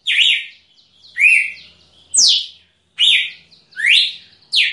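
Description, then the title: Red-cowled cardinal song of bright slurred whistles, some climbing and some dropping, given in quick succession with faint chatter in the background. Female singing. "Canto Galo Campina Fêmea. Galo de Campina"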